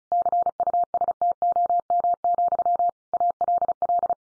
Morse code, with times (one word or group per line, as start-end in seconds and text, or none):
0.1-2.9 CUSTOM,
3.1-4.1 ALL